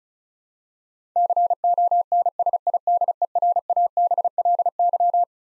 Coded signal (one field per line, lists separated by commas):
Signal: Morse code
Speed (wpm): 36 wpm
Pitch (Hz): 700 Hz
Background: none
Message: CONSIDERABLY